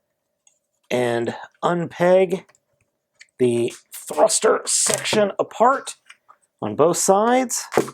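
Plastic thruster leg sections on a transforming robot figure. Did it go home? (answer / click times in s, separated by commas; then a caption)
no / none. Someone talks while handling the plastic thruster leg sections of a Takara MP-24 Transformers Masterpiece Star Saber robot figure, unpegging the thruster section apart on both sides. Only faint, brief ticks are heard, near 0.5, 2.8 and 3.2 s. Nothing has seated or clicked into place yet.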